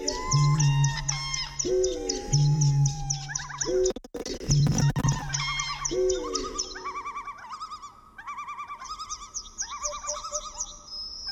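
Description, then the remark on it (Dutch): Reed warbler chatter and deep booming bittern calls, lightly edited into a rhythmic pattern by birder and musician Koen de Gans: repeated low hums alternate with bright, harmonic chirps and trills that settle into a steady, looping beat. “De muzici in volgorde van optreden: kleine karakiet, roerdomp, ijsduiker, geelgors, duet van man en vrouw Oehoe, hop, steenuil, kraanvogel, tjiftjaf, koolmees”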